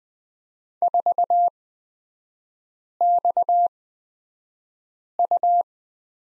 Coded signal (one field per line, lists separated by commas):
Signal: Morse code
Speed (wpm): 20 wpm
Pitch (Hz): 700 Hz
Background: none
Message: 4XU